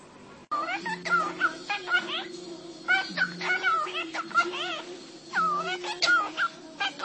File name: cockatiel